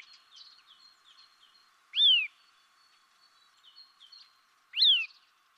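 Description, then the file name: Eurasian nuthatch calls: two loud, sharp, downslurred notes about three seconds apart, with faint soft chatter of high notes between them. "Sitta europaea"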